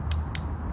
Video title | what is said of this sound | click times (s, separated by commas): 2022 Jeep Grand Cherokee L Limited iJDM toy LED side marker lights | There's the click. | 0.4 s